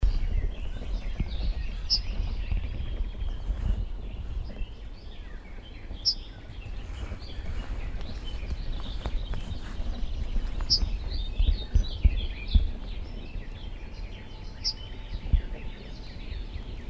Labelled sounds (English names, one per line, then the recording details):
Yellowhammer call
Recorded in the wild
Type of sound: call
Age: adult
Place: Hobrechtsfelder Rieselfelder, Naturpark Barnim, Berlin, DE
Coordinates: 52.66, 13.4767
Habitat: open country
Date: 2013-05-12
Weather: sunny, weak winds, 10°C
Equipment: Sound Devices 702, Sennheiser MKH 70, Rycote Windschutz
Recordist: Frommolt, Karl-Heinz
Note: Rufe einer Goldammer. Entfernung 10 m